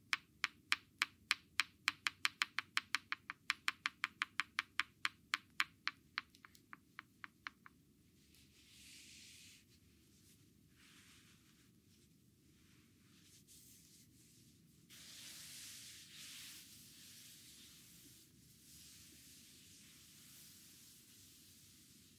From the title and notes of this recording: ASMR Asian massage with hot stones. Back & neck massage.